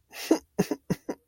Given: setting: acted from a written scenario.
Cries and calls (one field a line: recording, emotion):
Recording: vocal sound without words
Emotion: shame